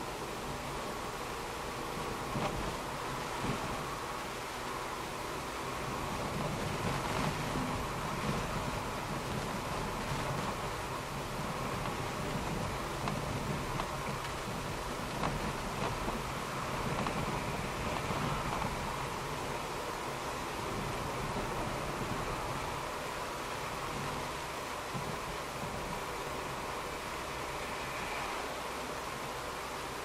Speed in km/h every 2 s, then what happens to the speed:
45, 47, 48, 50, 50, 49, 48, 48, 48, 47, 50, 51, 50, 50, 49.
0-30 steady at about 49.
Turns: none.